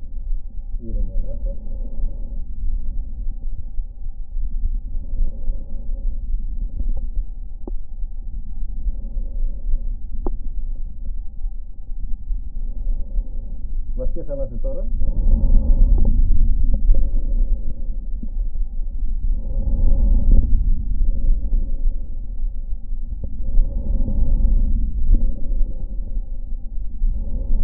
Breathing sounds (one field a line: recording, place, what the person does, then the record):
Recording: lung sounds by stethoscope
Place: right anterior apical chest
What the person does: quiet breathing, then deep breathing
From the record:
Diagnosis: pulmonary infection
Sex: male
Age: 74 years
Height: 171 cm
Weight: 80 kg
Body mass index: 27.4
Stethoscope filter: diaphragm mode